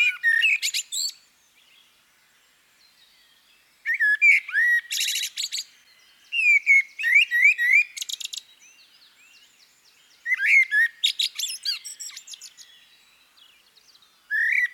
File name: CHernyj drozd - Turdus merula - British Library